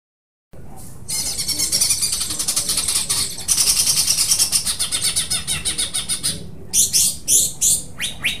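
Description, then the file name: Greater green leafbird song, a long continuous high buzzy rattle lasting several seconds, then separate sharp trilled notes repeated quickly. Cucak hijau singing with tembakan phrases and parakeet-style besetan phrases, from an Indonesian bird-training recording (omkicau). "cucak hijau dengan tembakan dan besetan parkit omkicau"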